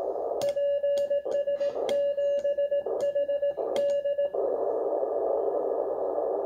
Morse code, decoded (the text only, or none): PS7HD